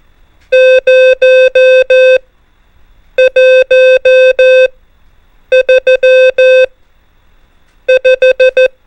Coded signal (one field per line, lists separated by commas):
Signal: Morse code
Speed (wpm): 14 wpm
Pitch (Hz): 520 Hz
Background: music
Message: 0 1 3 5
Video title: MORSE CODE RUNNER NUMBERS ONLY | CW PRACTICE CODE